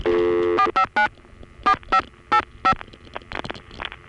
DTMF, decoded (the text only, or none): 459 4585